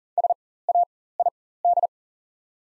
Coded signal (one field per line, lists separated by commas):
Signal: Morse code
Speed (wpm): 40 wpm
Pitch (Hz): 700 Hz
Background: none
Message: SAID